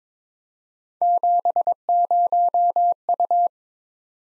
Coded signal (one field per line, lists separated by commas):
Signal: Morse code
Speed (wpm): 22 wpm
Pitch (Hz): 700 Hz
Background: none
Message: 70U